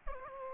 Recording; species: mosquito wingbeat signal from an infrared sensor; Culex quinquefasciatus